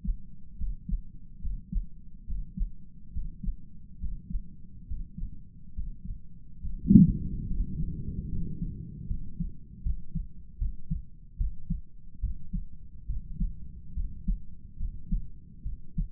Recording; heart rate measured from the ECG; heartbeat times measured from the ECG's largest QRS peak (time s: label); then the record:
heart sounds by stethoscope; 72 bpm
0.56 s: heartbeat
1.40 s: heartbeat
2.25 s: heartbeat
3.11 s: heartbeat
3.98 s: heartbeat
4.86 s: heartbeat
5.73 s: heartbeat
6.59 s: heartbeat
7.46 s: heartbeat
8.29 s: heartbeat
9.07 s: heartbeat
9.82 s: heartbeat
10.58 s: heartbeat
11.37 s: heartbeat
12.20 s: heartbeat
13.07 s: heartbeat
13.94 s: heartbeat
14.77 s: heartbeat
15.63 s: heartbeat
From the record:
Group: healthy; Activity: Valsalva maneuver 0-8 s, rest 8-16 s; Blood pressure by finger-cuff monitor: 115/65 mmHg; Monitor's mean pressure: 80 mmHg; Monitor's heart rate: 70 bpm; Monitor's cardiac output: 6.7 L/min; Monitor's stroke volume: 96 mL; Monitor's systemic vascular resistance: 820 dyn s/cm5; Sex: male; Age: 35 years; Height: 180 cm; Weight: 86.9 kg